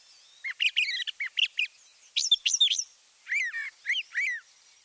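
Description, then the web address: Northern mockingbird singing rapid changing phrases, first a run of sharp chips, then a burst of high notes, then several repeated slurred whistles. Northern mockingbird song featuring mimicry of other species. "Birding by Ear, Eastern and Central North America - Peterson Guides. Northern Mockingbird"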